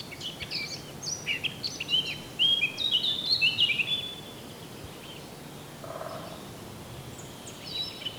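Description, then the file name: Eurasian blackcap singing a rapid, scratchy warble of jumbled high notes for about four seconds, then a short fainter phrase, over steady background hiss. "Sylvia atricapilla"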